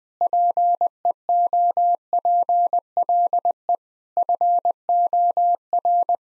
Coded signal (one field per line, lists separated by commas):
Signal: Morse code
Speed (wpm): 20 wpm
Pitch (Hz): 700 Hz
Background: none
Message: PEOPLE FOR